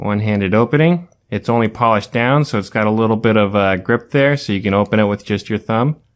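Someone talks steadily, with a brief pause near 1.2 seconds, while handling an A.G. Russell Arkansas Hunter folding knife with brown marquetry. The steel blade is being opened with the thumb toward its lockback lock. Nothing has locked or clicked yet.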